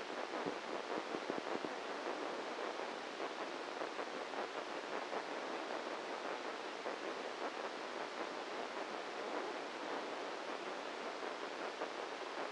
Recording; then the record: brain microelectrode recording played as sound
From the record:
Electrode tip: inside the subthalamic nucleus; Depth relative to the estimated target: -2 mm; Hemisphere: right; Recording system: NeuroSet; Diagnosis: Parkinson's disease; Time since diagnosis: 7 years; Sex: male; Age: 44 years